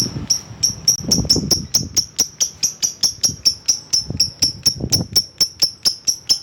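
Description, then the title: Lovebird giving rapid, sharp, high-pitched chirps in a fast steady series, over two per second, with faint low rustling beneath. Lovebird calling a rival. "Lovebird Memanggil Lawan"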